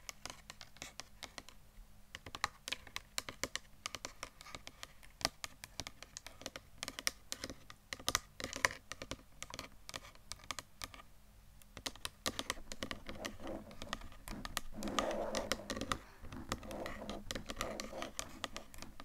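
Rapid, irregular tapping like fingers on a keyboard runs through the whole recording, with sharp clicks arriving in dense bursts and brief pauses. A low steady hum sits underneath, and from about twelve seconds a soft rushing noise rises behind the taps.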